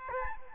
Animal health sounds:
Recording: mosquito wingbeat signal from an infrared sensor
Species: Aedes albopictus

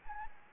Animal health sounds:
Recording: mosquito wingbeat signal from an infrared sensor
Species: Anopheles gambiae

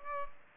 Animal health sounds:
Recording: mosquito wingbeat signal from an infrared sensor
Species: Culex pipiens

